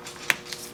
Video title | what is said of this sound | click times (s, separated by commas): Window Motor Replacement - Toyota Camry | snap okay that's it for that one now the master switch | 0.3 s